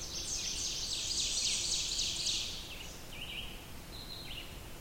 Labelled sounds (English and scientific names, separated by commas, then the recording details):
Ovenbird (Seiurus aurocapilla) song
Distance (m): 40 m
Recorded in boreal forest in Alberta, Canada, on 20 June 2016 at 06:13
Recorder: SongMeter 3, array SBT-6-81
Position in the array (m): 82 m, 99 m
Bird 23